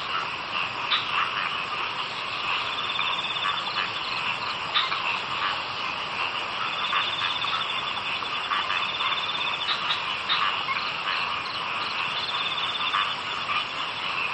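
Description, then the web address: Frog chorus of many overlapping callers, steady rattling croaks with occasional louder pulsed bursts. "bumbungrec kaeru frog"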